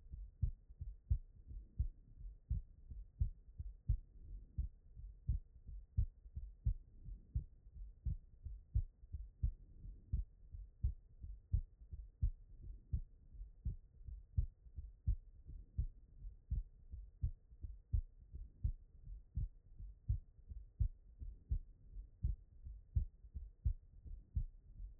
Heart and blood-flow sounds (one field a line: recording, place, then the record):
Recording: heart sounds by stethoscope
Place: tricuspid valve (TV)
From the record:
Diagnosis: HFrEF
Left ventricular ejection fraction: 23%